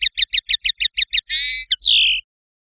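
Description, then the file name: European goldfinch song: eight quick, evenly spaced chirps followed by a buzzy, harmonic-rich trill, a short clipped note and a long descending nasal slur. "suara burung chardonneret atau goldfinch eropa om kicau"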